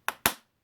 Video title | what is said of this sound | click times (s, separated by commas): MISTI Tool | you can hear it snaps right down and it they are very very secure even | 0.1 s, 0.3 s